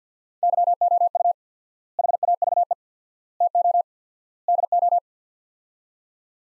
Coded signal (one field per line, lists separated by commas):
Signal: Morse code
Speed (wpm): 47 wpm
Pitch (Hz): 700 Hz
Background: none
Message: YOU HAVE TO DO